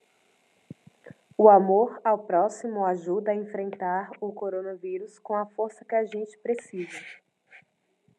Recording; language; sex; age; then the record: spoken sentence; Brazilian Portuguese; female; 20 to 29 years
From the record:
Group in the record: control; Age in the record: 26 years